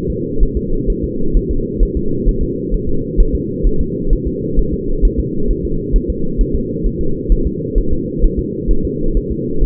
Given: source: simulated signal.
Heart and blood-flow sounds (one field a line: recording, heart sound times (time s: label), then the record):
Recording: fetal heart sounds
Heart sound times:
0.10 s: S2
0.43 s: S1
0.57 s: S2
0.90 s: S1
1.04 s: S2
1.37 s: S1
1.51 s: S2
1.83 s: S1
1.97 s: S2
2.29 s: S1
2.43 s: S2
2.74 s: S1
2.89 s: S2
3.20 s: S1
3.35 s: S2
3.67 s: S1
3.81 s: S2
4.13 s: S1
4.27 s: S2
4.59 s: S1
4.74 s: S2
5.05 s: S1
5.19 s: S2
5.51 s: S1
5.65 s: S2
5.96 s: S1
6.10 s: S2
6.41 s: S1
6.56 s: S2
6.87 s: S1
7.01 s: S2
7.32 s: S1
7.47 s: S2
7.78 s: S1
7.93 s: S2
8.24 s: S1
8.39 s: S2
8.71 s: S1
8.85 s: S2
9.17 s: S1
9.31 s: S2
9.64 s: S1
From the record:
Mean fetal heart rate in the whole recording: 130 bpm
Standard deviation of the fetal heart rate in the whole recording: 2 bpm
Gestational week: 38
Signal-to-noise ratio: -8.1 dB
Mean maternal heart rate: 72 bpm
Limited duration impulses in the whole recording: absent